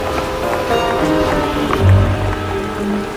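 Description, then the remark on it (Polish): March rain mixed with snow drums steadily on tin roofs in a town, running off onto pavements and muddy streets, a dense, continuous patter with a low rumbling undertone that swells briefly midway and then settles back to an even wash. “Marcowy deszcz pomieszany ze śniegiem padał wciąż i rozwłóczył nad łodzią ciężki, lepki tuman.”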